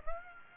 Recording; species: mosquito wingbeat signal from an infrared sensor; Aedes aegypti